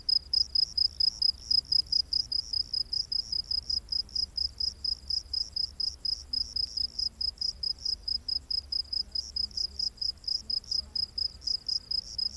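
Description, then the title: Cricket chirping in a fast, even series of high pulses, about four each second, with light low background rumble. Crickets heard during the day. "dobroide - grillos de dia"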